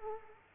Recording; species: mosquito wingbeat signal from an infrared sensor; Culex quinquefasciatus